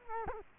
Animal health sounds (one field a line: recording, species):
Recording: mosquito wingbeat signal from an infrared sensor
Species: Culex quinquefasciatus